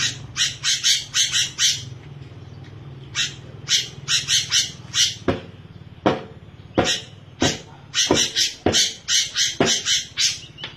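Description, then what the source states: Long-tailed shrike song: bursts of rapid, high scratchy notes in quick clusters, broken by sharp single clicks, continuing loudly throughout. Combination song (cendet kombinasi).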